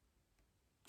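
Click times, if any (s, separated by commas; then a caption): 0.9 s. A new side clamp is pressed down onto the rail of a longarm quilting frame, with the other arm placed at the end of the clamp to push it shut. After a low, quiet rustle of handling, a sharp, bright snap at 0.9 s marks the clamp seating on the rail.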